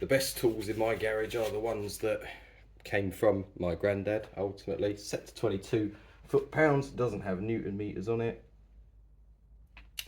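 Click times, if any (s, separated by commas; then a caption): 10.0 s. An old click-type torque wrench set to 22 ft-lb tightens a new spark plug into an aluminium cylinder head on a Porsche Boxster 986/987 engine. Someone talks for about eight seconds, then after a quiet pause the wrench gives a sharp click at its setting at 10.0 s. The plug is confirmed tight enough.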